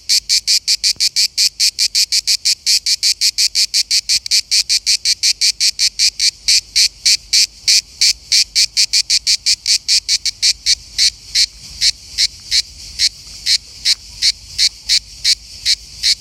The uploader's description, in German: Eine Zikade im Urlaub in Verona